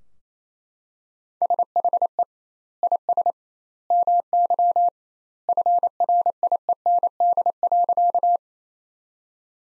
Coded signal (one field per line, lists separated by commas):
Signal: Morse code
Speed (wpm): 28 wpm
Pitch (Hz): 700 Hz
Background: none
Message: SHE IS MY FRIEND.